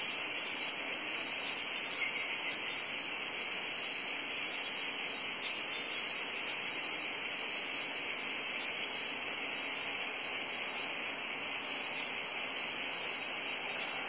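Cicadas keep up a dense, steady electric buzz, high and unchanging, filling the whole stretch without a break.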